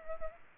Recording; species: mosquito wingbeat signal from an infrared sensor; Culex pipiens